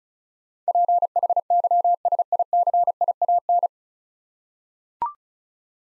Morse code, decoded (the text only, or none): PHYSICIAN